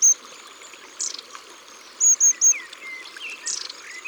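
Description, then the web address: Long-tailed tit giving thin, very high 'si-si-si' calls in a quick triplet, with scattered softer chirps over a steady rushing stream. "Mesange a longue queue. abc de la nature"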